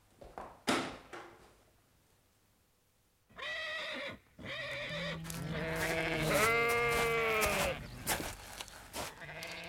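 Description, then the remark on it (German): Sheep bleat in Colonel Ross's paddock: after a few sharp knocks and a pause, a short bleat comes, then a long, loud, wavering bleat with a quavering pitch. “Wie ich sehe, haben Sie auch einige Schafe auf der Koppel, Colonel Ross.”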